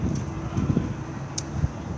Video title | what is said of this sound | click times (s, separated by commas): 46150 Swift Fairway 635 outside | and then push and hear it click back in again | 1.4 s